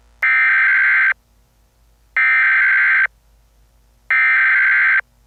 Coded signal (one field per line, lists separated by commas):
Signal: Emergency Alert System (SAME) tones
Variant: header bursts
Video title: EAS Scenario #56: The Awakening